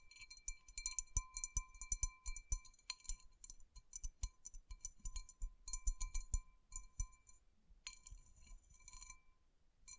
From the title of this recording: Tapping & Rubbing Rhinestone Covered Palms